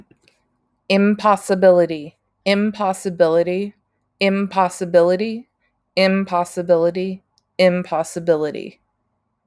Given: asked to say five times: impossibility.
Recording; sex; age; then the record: repeated word; female; 40 to 49 years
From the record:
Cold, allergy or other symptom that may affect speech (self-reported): no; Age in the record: 46 years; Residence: California, United States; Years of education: 18